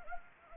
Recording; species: mosquito wingbeat signal from an infrared sensor; Anopheles arabiensis